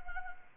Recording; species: mosquito wingbeat signal from an infrared sensor; Anopheles arabiensis